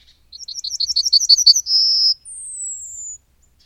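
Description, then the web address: Bird song: a fast run of bright, repeated chirped notes, then a steady high whistle and a thinner, even higher whistle sliding slightly downward. "madarak enek"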